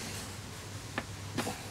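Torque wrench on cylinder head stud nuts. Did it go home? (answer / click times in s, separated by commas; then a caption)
yes / 1.0 s. A torque wrench set to 50 ft-lb tightens ARP head stud nuts on the cylinder head of a Polaris RZR Turbo UTV engine. One sharp click at 1.0 s marks the wrench reaching its setting. A second brief sound follows at about 1.4 s over a steady low hum.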